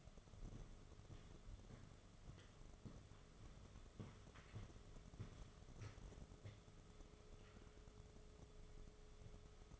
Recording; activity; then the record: daily activity, microphone in the room; walk to room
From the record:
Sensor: 4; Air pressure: 1011.2 hPa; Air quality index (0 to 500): 135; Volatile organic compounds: 3 ppm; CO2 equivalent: 1382 ppm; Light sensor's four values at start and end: 172/449/192/200 and 143/370/159/165